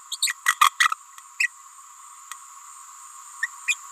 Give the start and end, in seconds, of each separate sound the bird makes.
0.11-0.17, 0.22-0.33, 0.46-0.54, 0.61-0.69, 0.80-0.91, 1.39-1.47, 3.42-3.47, 3.67-3.75